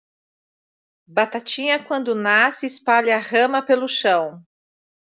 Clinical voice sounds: short text; Brazilian Portuguese; female; 50 to 59 years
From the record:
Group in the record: control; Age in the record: 58 years

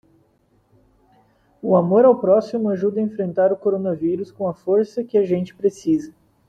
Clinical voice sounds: spoken sentence; Brazilian Portuguese; male; 20 to 29 years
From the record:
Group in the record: control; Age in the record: 27 years

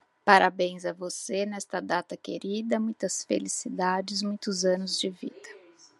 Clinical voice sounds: short text; Brazilian Portuguese; female; 40 to 49 years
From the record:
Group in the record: control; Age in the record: 48 years

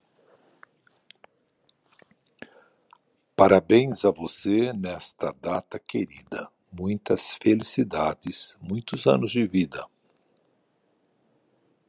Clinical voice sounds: short text; Brazilian Portuguese; male; 60 to 69 years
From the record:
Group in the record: control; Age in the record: 66 years

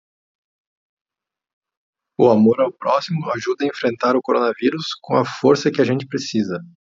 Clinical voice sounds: spoken sentence; Brazilian Portuguese; male; 30 to 39 years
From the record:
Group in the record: control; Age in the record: 35 years

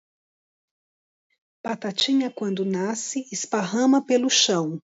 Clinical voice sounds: short text; Brazilian Portuguese; female; 50 to 59 years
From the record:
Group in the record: control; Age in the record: 56 years

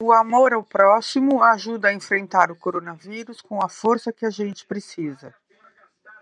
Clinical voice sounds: spoken sentence; Brazilian Portuguese; female; 60 to 69 years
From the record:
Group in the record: control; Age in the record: 63 years

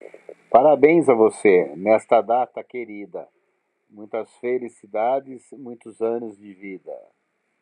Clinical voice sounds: short text; Brazilian Portuguese; male; 50 to 59 years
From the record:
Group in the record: control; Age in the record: 52 years

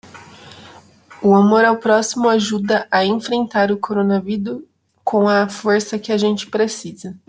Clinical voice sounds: spoken sentence; Brazilian Portuguese; female; 30 to 39 years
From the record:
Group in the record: control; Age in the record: 32 years

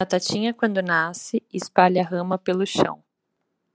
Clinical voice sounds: short text; Brazilian Portuguese; female; 30 to 39 years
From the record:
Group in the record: control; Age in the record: 33 years

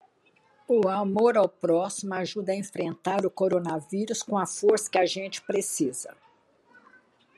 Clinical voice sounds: spoken sentence; Brazilian Portuguese; female; 70 to 79 years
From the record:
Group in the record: control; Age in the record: 73 years

